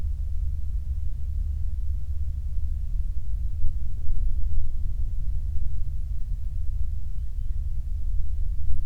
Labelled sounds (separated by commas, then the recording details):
wind
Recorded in the Prudhoe Bay oil fields, Alaska, on 8 July 2019 at 05:44
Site 25